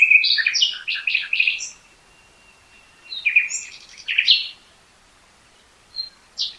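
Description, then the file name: Common nightingale song: a sustained whistled tone beneath quick chirped notes, followed by further short chirpy phrases and brief pauses. "Luscinia megarhynchos"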